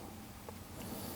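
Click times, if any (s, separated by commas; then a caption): none. A plastic wiring harness clamp on a car door panel is pushed around by hand while the window motor wiring harness is reconnected during a 2010 SRX window motor replacement. Soft, steady handling rustle is heard, with brief faint scrapes near 0.5 and 0.8 seconds. Nothing has seated or clicked yet.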